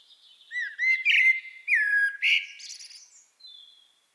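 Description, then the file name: Common blackbird delivering a continuous mellow warble, slurred whistles rising and falling with scratchy high twitters layered over them, trailing off into a thin high note. "Turdus merula"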